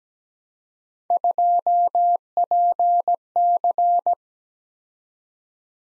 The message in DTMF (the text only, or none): none